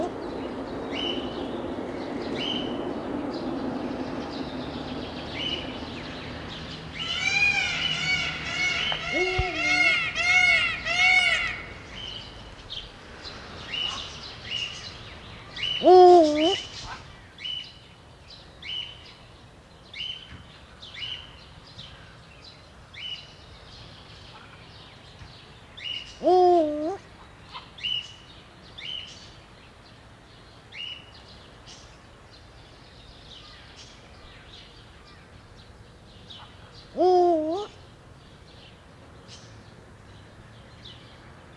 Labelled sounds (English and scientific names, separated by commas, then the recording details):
Eurasian Eagle-owl (Bubo bubo) call
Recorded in captivity
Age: adult
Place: Zoo Schwerin, Mecklenburg-Vorpommern, DE
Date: 1982-06-15 18:17
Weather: wolkig-heiter, 17°C
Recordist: Tembrock, Günter